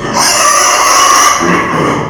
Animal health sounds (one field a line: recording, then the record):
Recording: squeal of a Yucatan mini pig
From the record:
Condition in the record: before surgery on the right vocal fold (resection and tissue-engineered implant)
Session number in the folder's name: 2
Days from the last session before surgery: 0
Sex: male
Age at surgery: 12 weeks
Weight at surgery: 13 kg